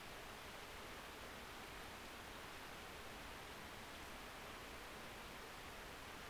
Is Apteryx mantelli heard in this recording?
no